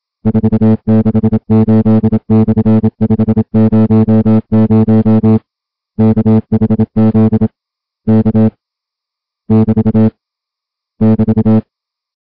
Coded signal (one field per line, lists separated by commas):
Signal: Morse code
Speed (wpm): 27 wpm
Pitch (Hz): 220 Hz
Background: music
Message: 468/500 KHZ K <BT> <BT>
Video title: High Seas Weather Broadcast August 8, 2021 WNE 472 kHz